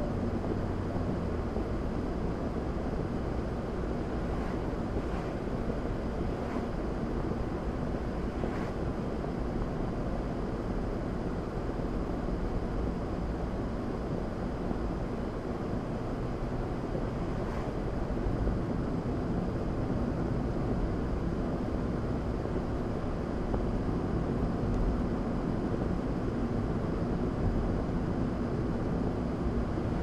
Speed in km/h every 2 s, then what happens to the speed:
66, 66, 66, 64, 61, 60, 60, 63, 63, 63, 66, 69, 68, 66, 66.
0-5 steady at about 66. 5-10 slows to 60. 10-18 steady at about 63. 18-21 speeds up to 69. 21-30 steady at about 66.